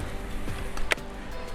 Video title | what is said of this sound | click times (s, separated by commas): BWRAF Self Reliant SCUBA Diver Buddy Check | that was a click a positive lock and it's locked in there now | 0.9 s